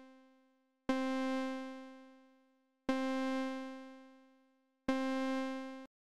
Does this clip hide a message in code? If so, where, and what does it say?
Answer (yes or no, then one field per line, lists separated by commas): no